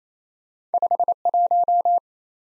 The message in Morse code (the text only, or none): 51